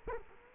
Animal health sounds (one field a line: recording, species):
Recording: mosquito wingbeat signal from an infrared sensor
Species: Culex quinquefasciatus